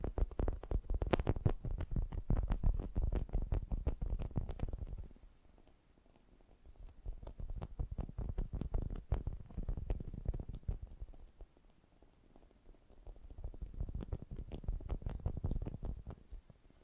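Fast, gentle tapping forms a dense, quick patter of soft, mostly low taps. It comes in bursts: a busy stretch for the first five seconds, a quieter gap, another run around eight to eleven seconds, then a final burst near fourteen to sixteen seconds.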